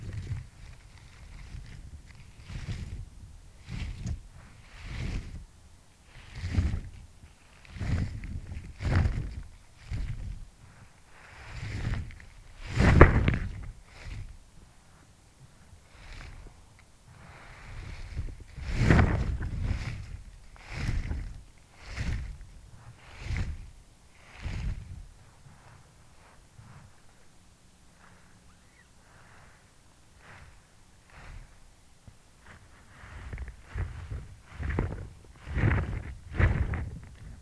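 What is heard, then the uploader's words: A rake drags through wet leaves in repeated scraping strokes about every second, louder bursts near 13 and 19 seconds, pausing briefly around 28 seconds. Raking Wet Leaves After The Rain.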